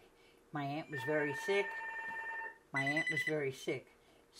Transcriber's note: telephone rings